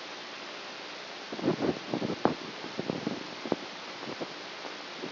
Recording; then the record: brain microelectrode recording played as sound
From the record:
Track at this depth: outside the subthalamic nucleus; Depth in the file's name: 6.001 mm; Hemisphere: right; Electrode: 2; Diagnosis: Parkinson's disease